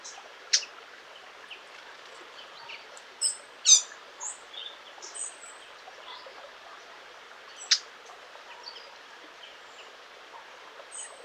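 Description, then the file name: Eurasian blackcap giving scattered hard tac clicks at irregular intervals, with faint high chirps over low background hiss. "Sylvia atricapilla"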